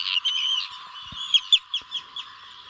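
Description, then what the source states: Arctic tern calls: a few harsh, grating notes, then a string of short, sharp squeaky notes spaced irregularly. Played example; migrates about 12,000 km, flying south along the African coast to the Cape of Good Hope; flits buoyantly about a metre above the water along coasts.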